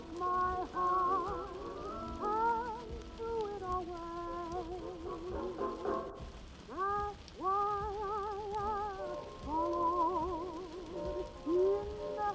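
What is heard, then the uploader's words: Vintage oldies play in another room, a singing voice holding long wavering notes in phrases that begin every couple of seconds, with a brief break near six seconds. A steady soft crackle and hiss runs underneath throughout. (music from '20s, '30s, '40s) and it is sounding like it is coming from another room. Vintage Oldies playing in another room (falling snow &fire sounds ).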